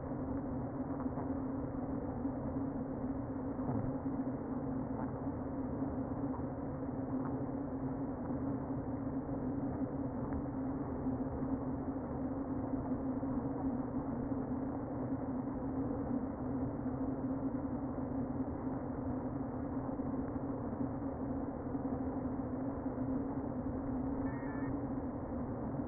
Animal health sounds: honeybee colony, microphone inside the hive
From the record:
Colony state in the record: queen present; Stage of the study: before two queens were removed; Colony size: about 60,000 bees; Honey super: yes

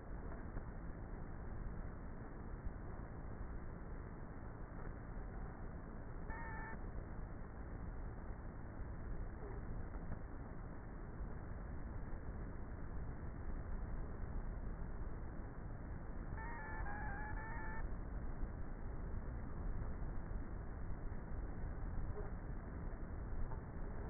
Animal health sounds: honeybee colony, microphone inside the hive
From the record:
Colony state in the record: queenless with a low population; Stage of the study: before two queens were removed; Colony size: about 30,000 bees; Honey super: no

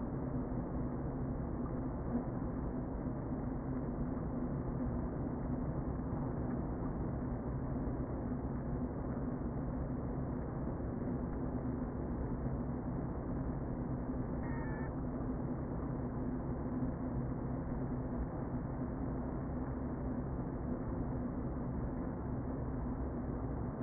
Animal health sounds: honeybee colony, microphone inside the hive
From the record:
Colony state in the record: queen present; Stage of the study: before two queens were removed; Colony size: about 60,000 bees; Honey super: yes

